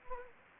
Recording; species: mosquito wingbeat signal from an infrared sensor; Anopheles gambiae